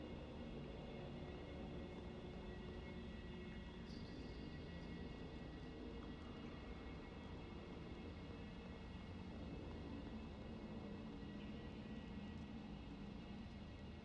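A dense, steady wash of low rumble and warm noise holds throughout, with thin high tones drifting faintly above and brief bright flickers near four seconds.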